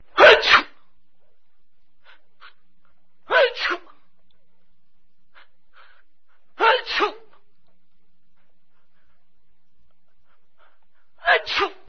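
Four separate adult sneezes, each a quick two-part 'ah-choo' burst, spaced a few seconds apart with faint quiet breaths between them.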